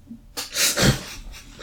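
A sharp breathy onset leads into two harsh, noisy bursts in under a second: one deliberate cough imitated by an adult man. The rough, forceful expulsions sound like a real chest cough. A small indoor room is audible in the background.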